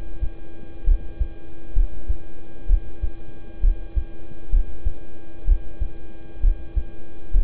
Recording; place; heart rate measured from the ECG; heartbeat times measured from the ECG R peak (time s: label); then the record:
heart sounds by stethoscope; between the tricuspid and mitral areas; 65 bpm
0.84 s: heartbeat
1.73 s: heartbeat
2.66 s: heartbeat
3.60 s: heartbeat
4.49 s: heartbeat
5.44 s: heartbeat
6.40 s: heartbeat
7.31 s: heartbeat
From the record:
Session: rest, lying down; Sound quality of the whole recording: good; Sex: male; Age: 26 years